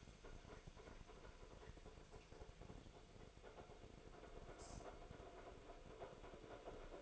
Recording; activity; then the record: daily activity, microphone in the room; make coffee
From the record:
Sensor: 5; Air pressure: 1002.1 hPa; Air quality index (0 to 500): 219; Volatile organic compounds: 25 ppm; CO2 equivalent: 2845 ppm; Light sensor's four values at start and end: 10/23/9/10 and 10/23/9/10